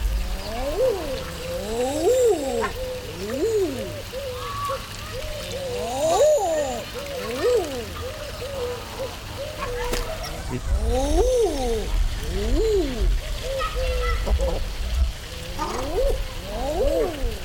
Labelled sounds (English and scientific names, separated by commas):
Common Eider (Somateria mollissima) courtship call